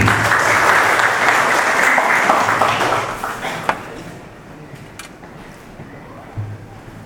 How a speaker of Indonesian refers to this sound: Tepuk tangan dulu.